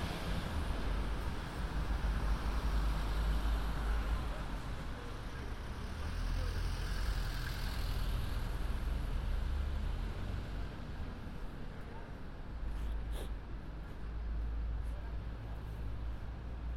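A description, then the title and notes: A walk through London on New Year's Eve, filled with a steady, dense wash of traffic and crowd noise. A deep rumble runs underneath throughout, heaviest at the start and again after about 12 seconds. A few short clicks or knocks stand out around 13 seconds. A walk around London, new years eve.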